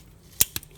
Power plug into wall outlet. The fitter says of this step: you hear a click so no matter if you remove